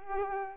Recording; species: mosquito wingbeat signal from an infrared sensor; Culex pipiens